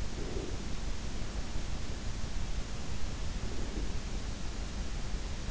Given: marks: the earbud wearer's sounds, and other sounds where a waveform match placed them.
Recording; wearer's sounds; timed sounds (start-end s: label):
sounds in sleep by an in-ear microphone; breath
0.00-1.12 s: breath
3.08-4.26 s: breath